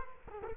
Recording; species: mosquito wingbeat signal from an infrared sensor; Culex quinquefasciatus